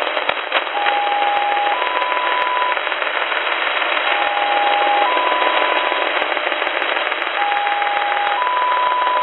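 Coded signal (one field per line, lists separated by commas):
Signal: numbers station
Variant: XPA-like polytone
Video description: then a strong carrier tone, then what sounds like XPA polytone sync tones. (Numbers transmission starts around the 7:06 mark)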